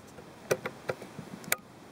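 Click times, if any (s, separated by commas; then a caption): 1.5 s. After cleaning, the plastic halves of the seat-belt pretensioner wiring connector under the driver's seat are pushed back together. A few soft knocks at about 0.5, 0.7 and 0.9 s lead up to a loud, sharp latch click at 1.5 s. The connector is fully seated, and the airbag light later goes off.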